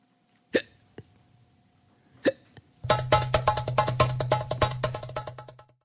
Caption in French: Le hoquet. Nasreddin, le fou qui était sage. Par les lycéens option théâtre.